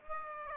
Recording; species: mosquito wingbeat signal from an infrared sensor; Aedes aegypti